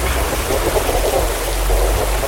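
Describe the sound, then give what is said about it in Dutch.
Steady rain with a dense, even hiss of falling water and a low rumbling undertone, holding constant for a couple of seconds with no voices. “Oh, nou gaat het regenen.”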